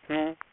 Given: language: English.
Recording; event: throat vibration sensor signal played as sound; speech